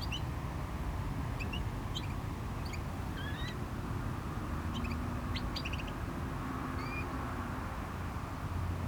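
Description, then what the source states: Small bird with sparse high chirps and a few short slurred whistles, spaced irregularly over a constant low wash of surf and traffic. Small bird in a bush at GC-200, Agaete, Las Palmas, Spain; distant cars and waves; recorded with DPA-2006c AB pair into SD MixPre-3.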